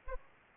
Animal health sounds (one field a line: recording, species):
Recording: mosquito wingbeat signal from an infrared sensor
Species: Anopheles arabiensis